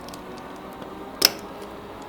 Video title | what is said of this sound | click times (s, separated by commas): Indian Scout Bobber - Indian performance air intake install | all right i heard that click | 1.2 s